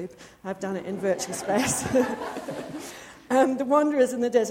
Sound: laughter